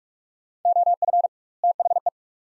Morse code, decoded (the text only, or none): OF THE